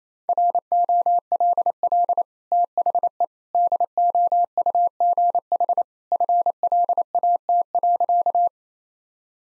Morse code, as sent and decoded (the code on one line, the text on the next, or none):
.-. --- .-.. .-.. / - .... . / -.. --- ..- --. .... / ..-. .-.. .- - .-.-.-
ROLL THE DOUGH FLAT.